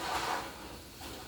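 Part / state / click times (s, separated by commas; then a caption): flat-pack cabinet component fitting into the cabinet frame / not seated / none. A part of an Ikea Blaliden flat-pack cabinet is worked into position in the cabinet frame, making a brief scraping, rubbing sound that is loudest in the first 0.4 seconds and then fades to a quieter shuffle. The clip ends before the part goes home; nothing has snapped or seated yet.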